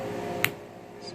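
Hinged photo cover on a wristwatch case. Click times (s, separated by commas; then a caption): 0.4 s. A hinged photo cover on a Stauer Ritorno 1944 wristwatch case is closed by hand. One sharp click sounds at 0.4 s over a low steady background hum. The cover snaps shut and seats in place.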